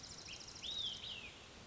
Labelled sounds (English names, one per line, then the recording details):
Olive-sided Flycatcher
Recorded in Sonoma County, California